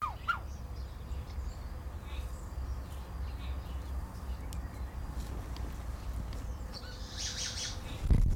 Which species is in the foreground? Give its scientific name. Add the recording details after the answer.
Lophophorus impejanus. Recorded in captivity. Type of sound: call. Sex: male. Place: Zoo Halle, Sachsen-Anhalt, DE. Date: 1996-03-08 16:42. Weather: sonnig, 3°C. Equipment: Sony WM-D6C, Sennheiser ME 80, Kopie Uher 4000 Report Monitor. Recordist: Tembrock, Günter. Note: Männchen: zwei Laute (Kurzlaute) am Gitter (auf Beobachter bezogen)